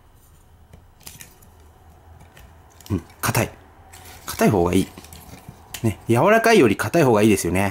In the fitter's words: てからこのブロックを押し込みますここでロックがかかるんですよねうん硬い硬い